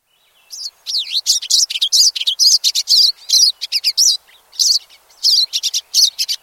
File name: pine siskin